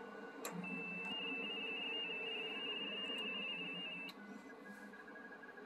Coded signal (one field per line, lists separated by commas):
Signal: RTTY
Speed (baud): 45.45 baud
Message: A65DR DE UW5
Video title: 2021 CQ WW DX CONTEST, RTTY Operation - HL2WA (SEP25, 2021)